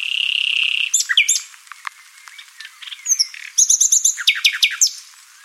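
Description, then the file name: Common nightingale song opening with a long steady whistle, then sharp chirps, a pause, and a rapid burst of repeated high notes. "Luscinia megarhynchos"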